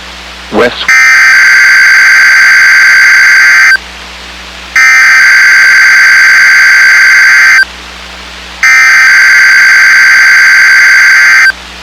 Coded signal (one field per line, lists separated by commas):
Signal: Emergency Alert System (SAME) tones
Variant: header bursts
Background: speech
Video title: 5/3/23 - KIH28 Required Weekly Test (EAS #768)